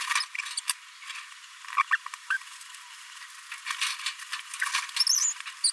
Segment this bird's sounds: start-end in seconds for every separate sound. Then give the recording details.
0.57-0.60, 1.91-1.97, 2.30-2.37, 4.61-4.65, 5.09-5.20, 5.63-5.71. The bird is a male. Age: 26 days. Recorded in a nest box in Venezuela. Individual 17B42A3